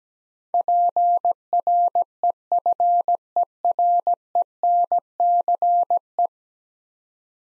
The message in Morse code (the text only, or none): PREFERENCE